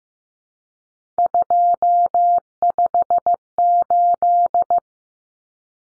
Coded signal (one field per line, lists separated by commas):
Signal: Morse code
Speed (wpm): 15 wpm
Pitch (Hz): 700 Hz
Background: none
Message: 258